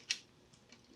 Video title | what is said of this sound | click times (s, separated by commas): Essential Sewing Machine Tips for Better Stitches and Fewer Mistakes | and you'll hear a little click when it goes in see it just snaps in there we go and there it is | 0.1 s